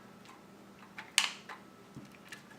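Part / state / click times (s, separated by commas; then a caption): front and back halves of a blaster housing / seated / 1.2 s. The front and back plastic halves of an FDL 2+/X blaster housing are slid together, with faint ticks near 1.0 s and 2.2 s and a sharp, bright click at 1.2 s. The halves click into place and are seated.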